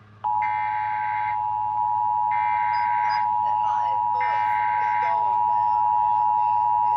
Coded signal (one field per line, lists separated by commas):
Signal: Emergency Alert System (SAME) tones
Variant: 853 and 960 Hz attention tone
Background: speech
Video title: EAS Compilation: Satanic Severity (8/31/24) EAS 2600-2650